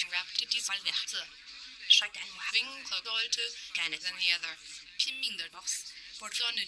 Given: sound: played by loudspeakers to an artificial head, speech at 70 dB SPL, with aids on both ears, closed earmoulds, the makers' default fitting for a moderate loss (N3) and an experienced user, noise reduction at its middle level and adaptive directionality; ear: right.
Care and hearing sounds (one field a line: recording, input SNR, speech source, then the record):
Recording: speech test signal (ISTS) in cocktail-party noise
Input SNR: +9 dB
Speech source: on the right (90 degrees)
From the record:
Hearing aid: class 2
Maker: H